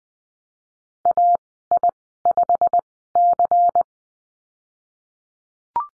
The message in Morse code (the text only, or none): AI5C